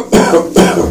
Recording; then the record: coughing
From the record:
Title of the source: Residual Phlegmy Morning Coughing and Gagging